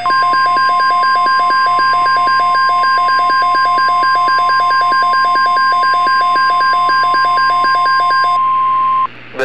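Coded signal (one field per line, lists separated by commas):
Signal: Emergency Alert System (SAME) tones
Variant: 1050 Hz attention tone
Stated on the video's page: Fictional EAS scenario about a Midwest tornado outbreak, using valid EAS tones.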